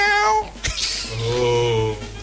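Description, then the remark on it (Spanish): A cat meows twice: a short, high, harmonic cry, then after a brief click a longer, lower, drawn-out meow that wavers before fading. “Sigo caminando, sigo bajando y escucho el sonido de un gato.”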